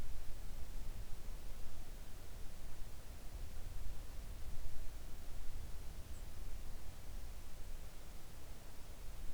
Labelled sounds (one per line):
near silence